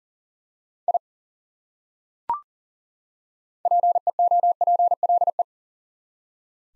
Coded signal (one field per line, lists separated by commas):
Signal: Morse code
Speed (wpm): 40 wpm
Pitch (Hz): 700 Hz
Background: none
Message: I PEOPLE